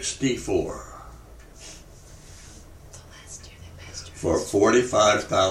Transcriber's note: whispers